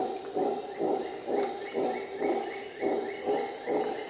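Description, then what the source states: Howler monkey roaring in deep, evenly spaced pulses, with short repeated bird whistles and a steady high insect drone. Howler monkeys calling at dawn in the Costa Rica jungle, on an expedition.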